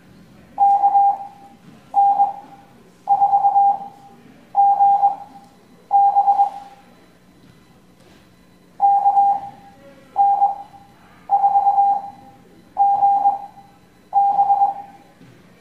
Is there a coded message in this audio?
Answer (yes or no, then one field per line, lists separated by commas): yes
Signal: Morse code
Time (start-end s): 0.6-14.7 s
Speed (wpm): 20 wpm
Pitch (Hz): 800 Hz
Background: none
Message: KN4GB KN4GB